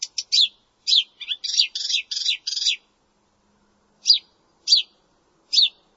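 Bird calls: a quick burst of high, scratchy chirps for about three seconds, a pause, then three single down-slurred notes roughly half a second apart.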